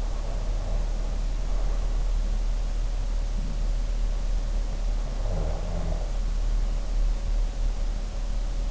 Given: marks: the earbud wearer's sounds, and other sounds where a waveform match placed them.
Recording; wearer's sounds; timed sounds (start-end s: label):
sounds in sleep by an in-ear microphone; breath
0.00-2.08 s: breath
4.95-6.30 s: breath